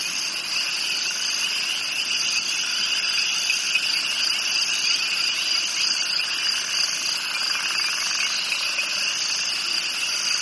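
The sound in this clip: Crickets chirping in a dense, steady high-pitched chorus of overlapping trills that runs without pause.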